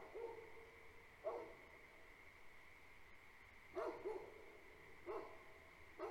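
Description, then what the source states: Great Pyrenees: deep dog barks come singly or in pairs with pauses between, over a constant shrill frog chorus droning behind them. Two livestock guardian dogs barking at night on a farm, most during the first five minutes then periodically; frog chorus present; recorded March 2021.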